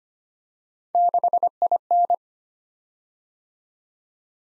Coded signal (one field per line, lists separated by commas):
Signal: Morse code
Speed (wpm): 25 wpm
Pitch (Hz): 700 Hz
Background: none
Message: 6IN